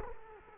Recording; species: mosquito wingbeat signal from an infrared sensor; Culex quinquefasciatus